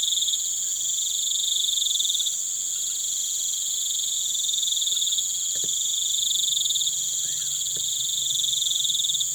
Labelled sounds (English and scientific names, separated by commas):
none